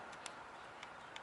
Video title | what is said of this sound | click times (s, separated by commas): Toyota coaster solar | just push it in there to hear it click | 0.3 s